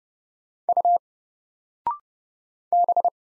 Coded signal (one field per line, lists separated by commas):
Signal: Morse code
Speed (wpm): 30 wpm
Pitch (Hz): 700 Hz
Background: none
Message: U B